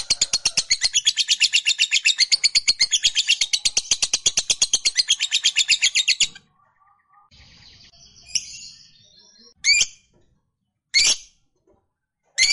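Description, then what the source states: Lovebird chattering in a rapid high buzzy trill for about six seconds, then falling quiet apart from a few sharp single chirps. Fighter-type lovebird giving a long chattering call.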